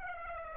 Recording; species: mosquito wingbeat signal from an infrared sensor; Aedes aegypti